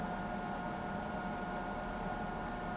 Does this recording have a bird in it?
no